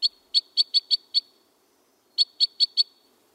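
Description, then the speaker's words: Crossbill: two bursts of six and four sharp, clipped notes, roughly a fifth of a second apart, separated by a silence of about one second. Winter, among snowy conifers; crossbills warming up for breeding while most songbirds are months from breeding. "So even in the grips of winter, when most songbirds are months away from the breeding season, somewhere among the snowy conifers, crossbills are already warming up."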